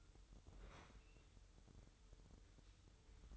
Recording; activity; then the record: daily activity, microphone in the room; open fridge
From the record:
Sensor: 3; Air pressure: 988.4 hPa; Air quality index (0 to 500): 194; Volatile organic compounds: 295 ppm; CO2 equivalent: 4469 ppm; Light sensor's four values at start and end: 24/77/32/27 and 24/76/32/27